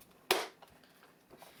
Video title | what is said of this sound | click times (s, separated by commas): Dye Rotor-Disassemble, Add Batteries And INSTALL A QUCKFEED | Once you hear the click, you know it's all working. | 0.3 s